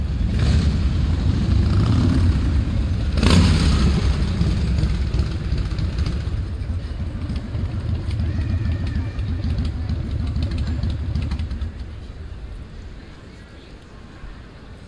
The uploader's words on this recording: Plein (Den Haag, October 31st 2015). A sunny Saturday in October; People on café terraces, kids playing and one loud motorcycle.